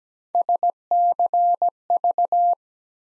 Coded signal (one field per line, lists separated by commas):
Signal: Morse code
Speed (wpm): 17 wpm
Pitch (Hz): 700 Hz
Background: none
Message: SCV